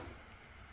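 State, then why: Not seated. Body trim molding is handled as it is slid over its mounting clip on the body of a 1967-or-later VW Beetle after paint, before being pressed to pop into place. A steady low rumble and broadband hiss run through the clip with no sharp transients. Nothing has seated or clicked yet.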